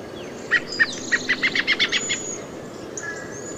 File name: American Robin